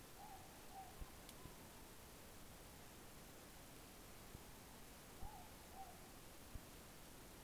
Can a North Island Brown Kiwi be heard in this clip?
no